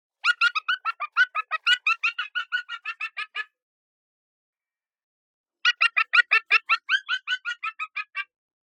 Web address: goshawk pale chanting high chirp